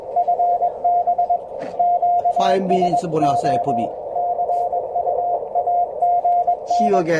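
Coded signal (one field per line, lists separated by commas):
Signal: Morse code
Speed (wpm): 20 wpm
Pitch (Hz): 700 Hz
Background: speech, radio noise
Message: FB QSO CUAGN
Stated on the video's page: QRP test, FT-817 at 5 W, 9:1 balun with 8 m element, from a 209 m mountain.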